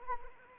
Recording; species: mosquito wingbeat signal from an infrared sensor; Anopheles arabiensis